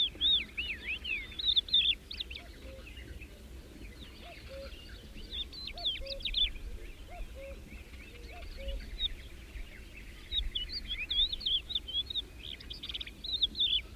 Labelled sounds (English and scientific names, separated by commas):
Crested Lark (Galerida cristata) song